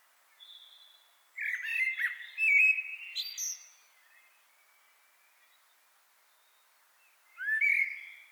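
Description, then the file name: Common blackbird giving a loud warbled phrase with high scratchy notes, then a long pause before another loud phrase begins. "Turdus merula"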